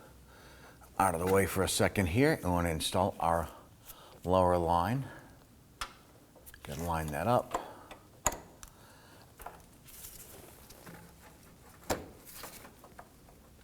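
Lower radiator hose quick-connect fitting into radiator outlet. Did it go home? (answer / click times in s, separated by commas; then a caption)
no / none. On a 2003-2014 Volvo XC90 3.2L L6 during a radiator replacement, someone talks while the lower radiator hose's quick-connect fitting is lined up with the radiator outlet, where a green rubber retaining clip will lock it. Handling noises and a few sharp taps follow, the loudest near 8.3 s. Nothing has seated or clicked yet.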